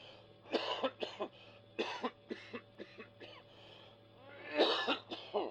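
Acted bad cough: three harsh fits of about ten bursts in all.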